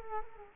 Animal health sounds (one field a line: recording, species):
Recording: mosquito wingbeat signal from an infrared sensor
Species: Culex quinquefasciatus